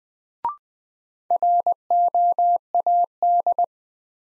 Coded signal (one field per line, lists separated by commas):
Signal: Morse code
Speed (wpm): 21 wpm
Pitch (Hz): 700 Hz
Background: none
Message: ROAD